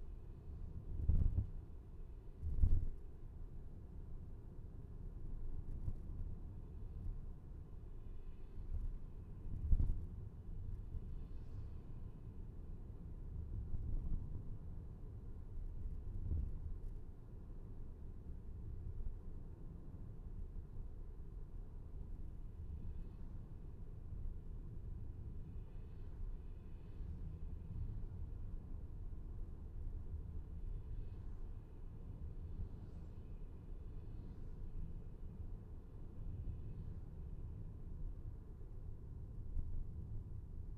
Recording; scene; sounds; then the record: everyday scene through a hearing-aid microphone; in a vehicle; engine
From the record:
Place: VW T5 Caravelle, diesel engine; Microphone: behind the ear, left, rear